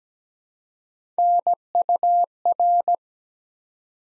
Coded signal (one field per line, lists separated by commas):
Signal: Morse code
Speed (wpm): 17 wpm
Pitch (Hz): 700 Hz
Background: none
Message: NUR